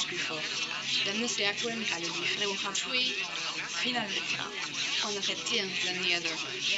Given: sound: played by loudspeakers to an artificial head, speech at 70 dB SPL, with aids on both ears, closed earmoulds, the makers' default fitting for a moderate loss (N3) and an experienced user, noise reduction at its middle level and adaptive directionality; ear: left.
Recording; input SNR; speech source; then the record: speech test signal (ISTS) in cocktail-party noise; +3 dB; in front (0 degrees)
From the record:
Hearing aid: class 1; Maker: A